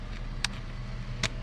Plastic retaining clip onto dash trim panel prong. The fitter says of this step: Snaps in place.